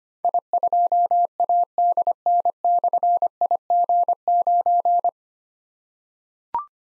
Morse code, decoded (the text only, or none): I2ADN/IG9